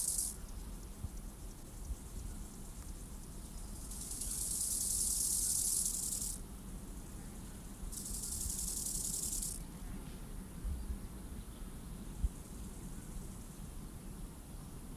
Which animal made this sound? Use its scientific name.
Chorthippus biguttulus